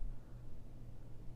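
An underwater cable connector is handled against the bulkhead connector of an underwater quantum light sensor. Only a steady low hum and faint broadband noise are heard, with no sharp transients. Nothing has seated or clicked yet.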